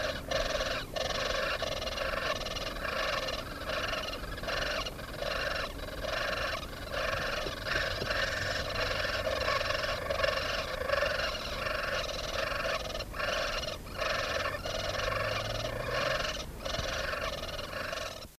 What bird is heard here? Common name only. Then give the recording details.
Great Spotted Woodpecker. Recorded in the wild. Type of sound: call. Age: juvenile. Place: Cannanore, Kerala, IN. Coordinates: 11.87, 75.36. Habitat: wood. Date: 1983-05-19. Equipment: Halbspur, 9,5 cm/s. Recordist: Lütgens, Hans. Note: Etwa zehntägig, ohne Fütterung